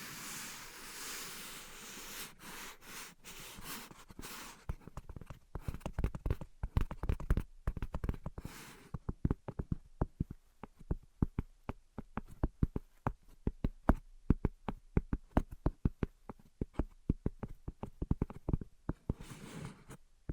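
Tapping and scratching: the first few seconds are a dense, hissing scratch broken by quick taps, then sharp, dry taps take over, coming rapidly and irregularly in clusters through to the end. A brief scratchy patch returns near the last second.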